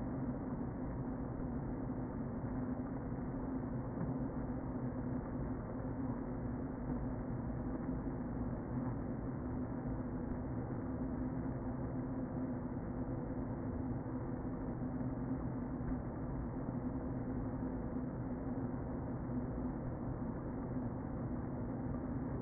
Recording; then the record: honeybee colony, microphone inside the hive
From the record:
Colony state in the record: queen present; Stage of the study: before two queens were removed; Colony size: about 60,000 bees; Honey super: yes